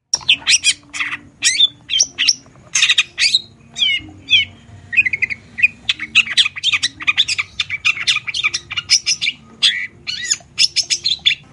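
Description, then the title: Long-tailed shrike singing in rapid harsh chatters and grating squawks, a dense run of burry notes with a few clearer whistled notes mixed in. Morning song with the "toet toet" variation, used as a lure to prompt long-tailed shrikes that are reluctant or stressed into singing. "Cendet Gacor Dor Di Kala Pagi Toet Toet Variasi Suara. PANCINGAN CENDET SUSAH BUNYI CENDET MACET CENDET STRESS"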